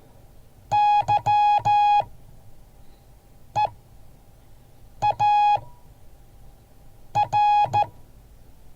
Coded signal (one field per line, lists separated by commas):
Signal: Morse code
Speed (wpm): 14 wpm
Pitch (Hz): 830 Hz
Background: music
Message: YEAR